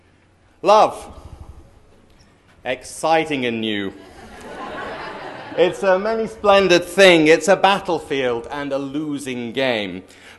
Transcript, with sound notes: Love, exciting and new.
[laughter]
It’s a many splendored thing. It’s a battlefield and a losing game.